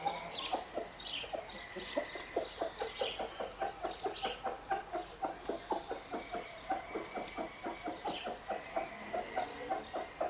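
Bird calls in a steady run of short, clucking pulses, with scattered higher chirps above them.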